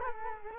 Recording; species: mosquito wingbeat signal from an infrared sensor; Culex quinquefasciatus